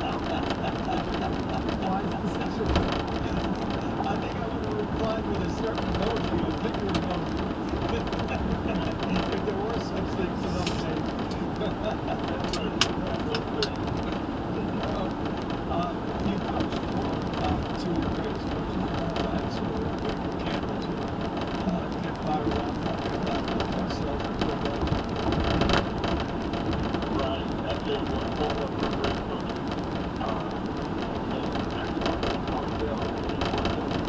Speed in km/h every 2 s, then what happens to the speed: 108, 108, 108, 109, 109, 109, 109, 109, 109, 109, 109, 109, 109, 109, 111, 109, 108.
0-34 steady at about 109.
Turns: none.